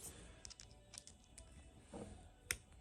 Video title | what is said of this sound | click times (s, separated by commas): Leatherman crunch review and overview (Version 2)(Reshot) | locks into place | 2.5 s